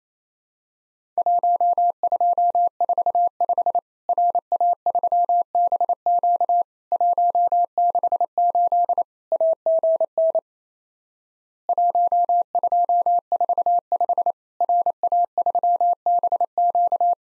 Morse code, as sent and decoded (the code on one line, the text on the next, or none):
.---- ..--- ....- ..... / .-. .- ...-- -... --.- / .---- -.... ---.. / .- --. -. / .---- ..--- ....- ..... / .-. .- ...-- -... --.-
1245 RA3BQ 168 AGN 1245 RA3BQ